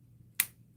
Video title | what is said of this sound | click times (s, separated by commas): Mom's Giving Up Custody? - Haul - Sonia G Alpine Face Brushes | You hear that? It snaps. | 0.4 s